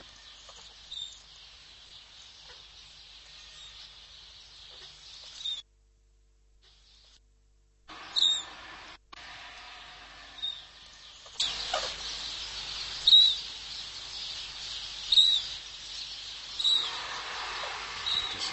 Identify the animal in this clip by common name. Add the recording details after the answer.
Red-crowned Crane. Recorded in captivity. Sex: diverse. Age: diverse. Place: Zoo Berlin, Berlin, DE. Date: 1998-12-22 13:43. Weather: 0°C, bedeckt. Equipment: Sony MD-WM MZ-R3, Sennheiser MKH 416 T, Kopie Uher 4000 Report Monitor. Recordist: Tembrock, Günter